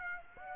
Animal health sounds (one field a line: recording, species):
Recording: mosquito wingbeat signal from an infrared sensor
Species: Aedes aegypti